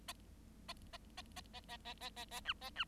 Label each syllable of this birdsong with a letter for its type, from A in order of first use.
A A A A A A A A A A B A B